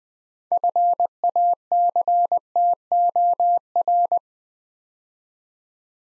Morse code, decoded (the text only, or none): FACTOR